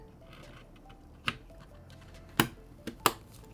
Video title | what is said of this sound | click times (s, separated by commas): O11 Vision Compact Build Complete Step-by-Step Guide on How To Build a White Gaming PC 9950X + 4090 | Okay, 2 clicks here. | 1.3 s, 3.1 s